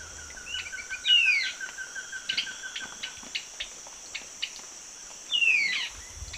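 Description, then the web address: Silvered antbird calls and subsong: two loud slurred descending whistles about four seconds apart, with soft even runs of short notes around them, over a constant high insect drone. A pair calling and giving subsong, recorded in the eastern lowlands of South America. "Natures Songs S America Eastern Lowlands. Sclateria naevia, calls and subsong pair"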